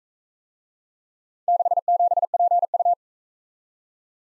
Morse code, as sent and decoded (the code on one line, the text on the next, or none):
-.... --... .--. ..-
67PU